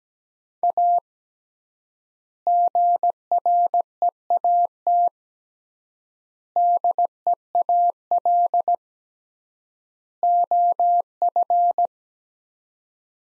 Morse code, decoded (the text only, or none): A GREAT DEAL OF